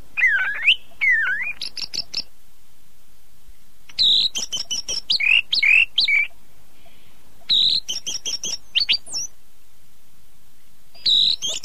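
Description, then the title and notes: Bird song made of varied bursts: looping whistles, high chattering trills and sharp chirps, delivered in phrases separated by brief pauses. Birdsong used for training pet birds. "Suara Kicauan Burung untuk memaster burung kesayangan"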